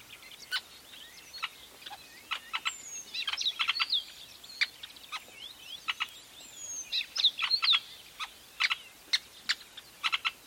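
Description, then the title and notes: Weavers calling at a nest, sharp scattered chirps and clicks with a few high downslurred whistles, coming in uneven clusters throughout. Recorded at a large weaver nest in Etosha National Park, Namibia. "a large Weaver nest in Etosha NP, Namibia"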